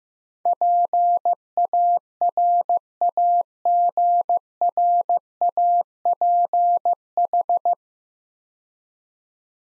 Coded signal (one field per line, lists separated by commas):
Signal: Morse code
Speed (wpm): 15 wpm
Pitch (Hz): 700 Hz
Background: none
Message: PARAGRAPH